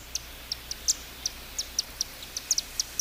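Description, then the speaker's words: Chimney Swift chattering: thin, very high-pitched chips and twitters, scattered irregularly, some in quick pairs, over faint background hiss. Multiple individuals calling high overhead; non-musical chattering and twittering, thin and very high-pitched. "This species emits non-musical chattering and twittering high above our heads as heard here."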